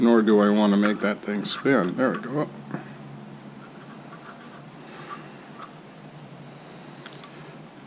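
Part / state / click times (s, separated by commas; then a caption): part pushed down onto its fitting on the engine / not seated / none. During a Slingshot oil change, a part is pushed down onto its fitting on the engine while someone talks, followed by quiet handling noise and a few faint ticks. The part does not catch, and nothing has seated or clicked yet.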